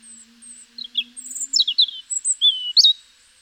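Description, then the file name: European robin singing a jumble of high, descending slurred whistles and sharp chips, with a faint low hum underneath. "Erithacus rubecula"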